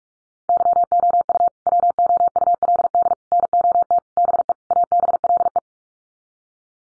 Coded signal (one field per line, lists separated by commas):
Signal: Morse code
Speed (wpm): 44 wpm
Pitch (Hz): 700 Hz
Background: none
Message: YOU WOULD NOT BE ABLE